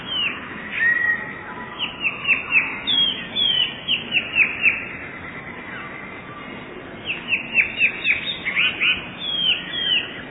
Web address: wroblowe teka spiew. modraszkoteka